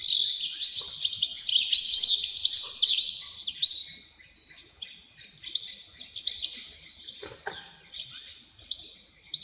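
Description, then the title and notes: Wrens giving high squeaky trills and sharp chips, loudest early on, then thinning into scattered bursts of twittering. Dozens of wrens in the backyard of a home in Dover, southern Tasmania. "Nature Sounds Tasmania - Dover Wrens. The sounds of dozens of wrens in the backyard of a home in Dover, southern Tasmania"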